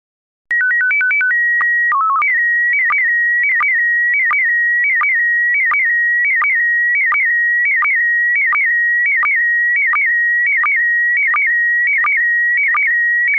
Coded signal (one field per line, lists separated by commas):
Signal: SSTV (slow-scan television)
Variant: PD 90